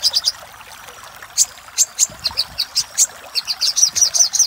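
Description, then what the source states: Little spiderhunter calls: spaced sharp high chirps that quicken into a denser run of notes towards the end. Master recording for training cage birds; local name sogok ontong labaik.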